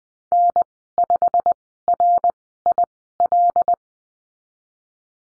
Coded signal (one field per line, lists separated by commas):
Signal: Morse code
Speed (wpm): 20 wpm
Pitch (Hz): 700 Hz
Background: none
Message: N5RIL